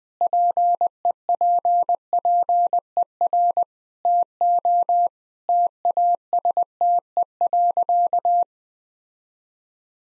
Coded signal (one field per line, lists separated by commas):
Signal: Morse code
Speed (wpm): 21 wpm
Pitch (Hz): 700 Hz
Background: none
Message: PEPPER TO TASTE.